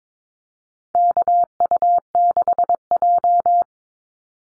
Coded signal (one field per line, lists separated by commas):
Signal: Morse code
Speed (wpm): 22 wpm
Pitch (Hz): 700 Hz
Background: none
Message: KU6J